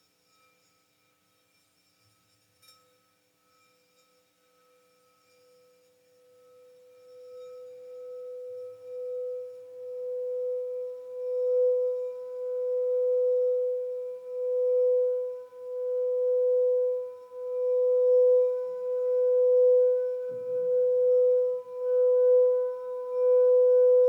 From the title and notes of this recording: Healing sound therapy (Sound Bath) using crystal singing bowls.